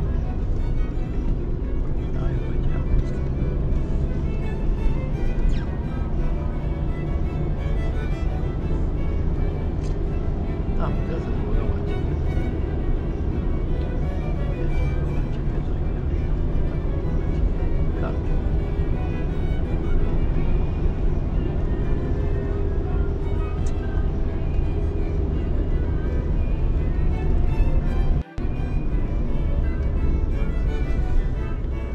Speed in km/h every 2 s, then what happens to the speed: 44, 50, 55, 59, 62, 65, 61, 57, 61, 63, 66, 64, 64, 60, 56, 49.
0-9 speeds up to 65. 9-15 steady at about 61. 15-20 speeds up to 66. 24-32 slows to 49.